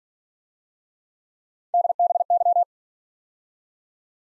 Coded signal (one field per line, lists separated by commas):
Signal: Morse code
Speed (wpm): 46 wpm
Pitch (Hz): 700 Hz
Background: none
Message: DBY